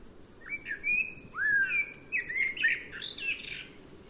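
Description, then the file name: Blackbird song: flowing, fluted whistles sliding up and down, finishing in a high scratchy twitter. "Turdus merula"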